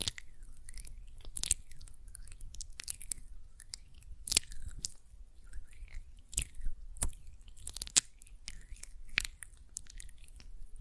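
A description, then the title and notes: Hands work gel lotion, making wet, sticky squelches and smacking clicks that come in irregular bursts every second or so, with sharper snaps near 1.5, 4.3, 7 and 8 seconds. Softer squishing fills the gaps over a low, steady rumble. ASMR Gel Lotion Hand Sounds (No Talking).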